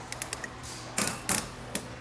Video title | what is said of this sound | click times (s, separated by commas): etrailer - Setting up the Konig Tire Chains on your 2021 Ford F-150 | just going to feed it in from the back side and you'll hear it clicking as I pull along to get that tension in | 0.1 s, 0.2 s, 0.3 s, 0.4 s